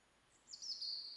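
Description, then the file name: European robin song: a single thin, high sustained phrase that runs to the end. "Erithacus rubecula"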